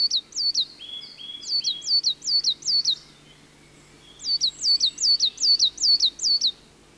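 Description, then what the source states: Common Chiffchaff song in two bursts of quick, high, slurred notes, separated by a pause of just over a second. Wild bird in spruce forest in Finland; small greenish-grey bird, common throughout the country, that says its own name.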